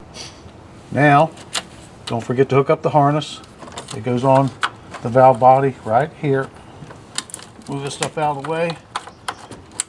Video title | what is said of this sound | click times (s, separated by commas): Actuator installation | Slide it on there until it clicks. | 9.8 s